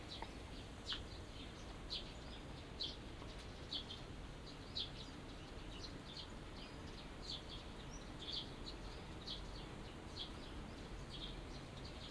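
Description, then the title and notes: Bird chirps, high short notes coming about once a second, unevenly spaced, with constant low rumbling noise underneath. Birds singing in a small garden in a corner of Yushima Tenjin shrine, Tokyo, surrounded by buildings, after rain; binaural. "小鳥のさえずり、雨上がりの庭園にて（Binaural）- Birds singing in the garden. 湯島天神の片隅にある小さな庭園で録音しました。"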